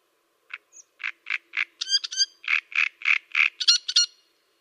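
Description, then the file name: Great reed warbler song of rhythmic, grating karr-karr notes, broken by shrill squeaky whistles. "Cannareccione"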